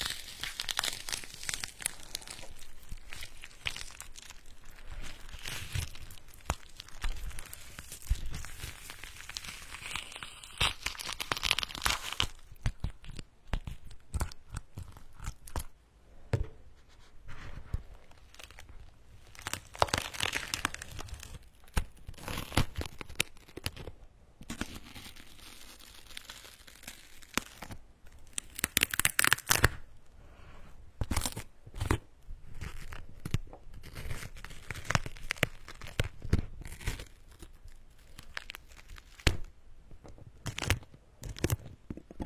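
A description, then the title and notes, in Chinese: Seasonal fruit being handled: dense, irregular tearing, peeling and crunching sounds with sharp bright bursts. 应季水果的声音！提子、橙子、香蕉、柚子、石榴。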